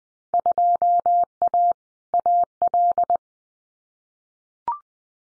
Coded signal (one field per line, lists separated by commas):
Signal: Morse code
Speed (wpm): 20 wpm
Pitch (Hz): 700 Hz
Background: none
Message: 2A AL